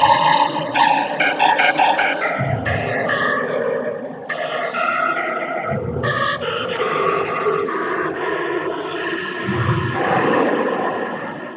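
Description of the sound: Music heard through a 32-channel cochlear implant simulation: buzzy, noisy bands of pitch, with the melody and chords still recognizable.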